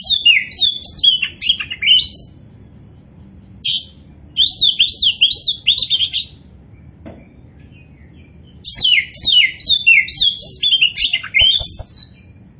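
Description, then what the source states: Oriental magpie-robin delivering loud, fast sequences of high chirps and slurred notes in three long bouts, pausing briefly between them. Kacer poci form; described as gacor, an Indonesian term for a bird singing actively and constantly.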